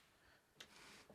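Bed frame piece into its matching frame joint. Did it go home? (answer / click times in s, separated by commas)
yes / 0.6 s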